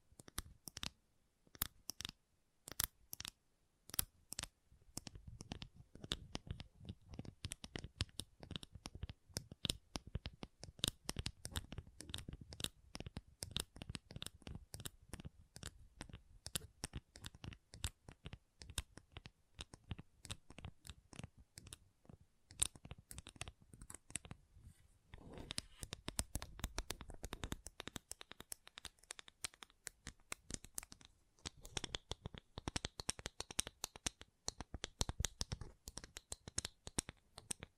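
Gentle tapping runs throughout: dense, quick, uneven taps with crisp, bright clicks and a soft low thud beneath many of them. The rhythm shifts in bursts and flurries, with a brief sparse pause near 25 seconds before the tapping picks up again.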